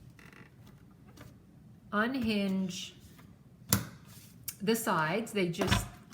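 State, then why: Not seated. Someone talks while unfolding the hinged plastic side platforms of a die-cut and embossing machine, moving them up and down. Brief sharp handling knocks are heard around 3.7 s and 4.5 s between the talking. Nothing has clicked into position yet.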